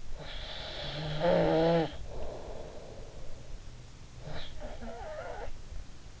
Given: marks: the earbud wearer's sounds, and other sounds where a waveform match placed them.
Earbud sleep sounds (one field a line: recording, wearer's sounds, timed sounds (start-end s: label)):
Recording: sounds in sleep by an in-ear microphone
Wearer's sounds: snoring breath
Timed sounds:
0.06-3.47 s: snoring breath
4.16-5.59 s: snoring breath